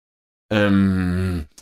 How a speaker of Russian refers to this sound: Хануман промычал что-то нечленораздельное, пытаясь сформулировать ответ.